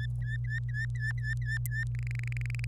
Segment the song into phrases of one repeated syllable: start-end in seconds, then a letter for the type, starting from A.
0.00-1.84 A, 1.95-2.65 B